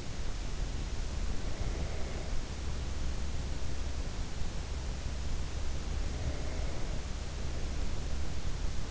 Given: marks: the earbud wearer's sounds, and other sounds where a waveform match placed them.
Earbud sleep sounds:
sounds in sleep by an in-ear microphone; breath
0.92-4.24 s: breath
5.93-8.91 s: breath

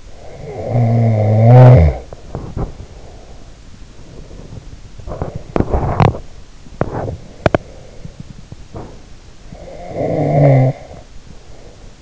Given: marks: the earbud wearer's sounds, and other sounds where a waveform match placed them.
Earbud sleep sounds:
sounds in sleep by an in-ear microphone; snoring breath, body movement, teeth grinding
0.00-3.42 s: snoring breath
2.00-9.18 s: body movement
5.38-7.82 s: teeth grinding
9.44-12.02 s: snoring breath

